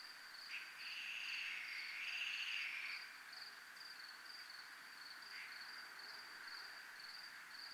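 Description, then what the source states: Crickets keep up a steady high pulsed trill throughout, with louder rasping bursts early on. Crickets recorded at a place called zona militar.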